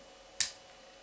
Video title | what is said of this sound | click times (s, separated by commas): 12 MERCEDES & BMW CONNECTORS 👀 HOW TO FIT AND REMOVE THE PINS 👀 | click it back see that nice little click back there | 0.4 s